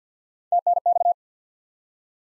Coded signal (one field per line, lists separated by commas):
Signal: Morse code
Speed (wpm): 50 wpm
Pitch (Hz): 700 Hz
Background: none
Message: TNX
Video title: Top 20 QSO Elements 50wpm